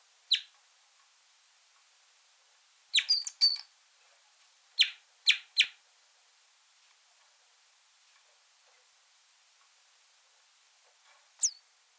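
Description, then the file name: Red crossbill makes scattered sharp high 'kip' notes, a quick cluster of three, then three more spaced notes, with long quiet gaps and a final thin downslurred note. Calls and song elements. "Golosa ptic - Klest-elovik Pozyvki i elementy peniya"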